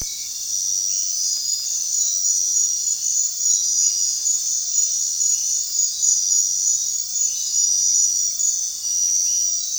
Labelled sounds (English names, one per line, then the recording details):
none
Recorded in dense forest near Puerto Asís, Putumayo, Colombia, on 29 June 2025 at 22:00
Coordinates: 0.466, -76.327
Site GP04